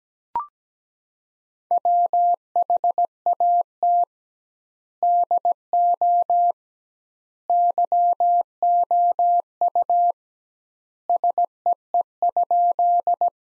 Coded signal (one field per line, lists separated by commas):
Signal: Morse code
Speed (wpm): 17 wpm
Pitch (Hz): 700 Hz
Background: none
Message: WHAT DO YOU SEE?